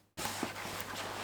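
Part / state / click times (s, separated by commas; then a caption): frame ends into bag/purse fitting / not seated / none. Two frame ends of a sewing-project fitting, likely a purse or bag frame, are handled and being pushed down into each side of the fitting. After a brief near-silence, steady broadband noise with a low hum starts at about 0.2 s, with faint soft bumps around 0.3 s and 0.4 s. Nothing has clicked or seated yet.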